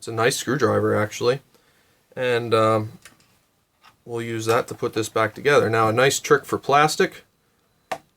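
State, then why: Seated. Someone talks while a screwdriver turns a screw backwards in the threaded hole of a plastic housing until it drops into the previously cut thread. A short, sharp click is heard at 7.9 s as the screw seats in the existing thread.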